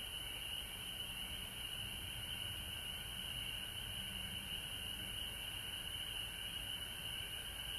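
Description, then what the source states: Frogs in full chorus, unbroken high-pitched trilling from many animals, with a softer lower tone running underneath. Frogs recorded at home in Georgia on March 19, 2020.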